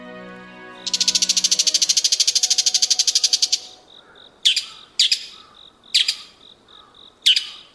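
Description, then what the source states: Bull-headed shrike: a fast harsh chatter of about two dozen rasping notes, then four separate scratchy calls, with a faint high trill between them. Recorded at Yumura Onsen, Shimane Prefecture, Japan.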